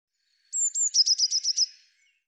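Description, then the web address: Eurasian blue tit call: two thin, very high drawn-out notes, then a quick run of six short buzzy notes, on a silent background. "cianscape birddata Deverinetal 2025 File cleaned normalized Bird Cy Ca"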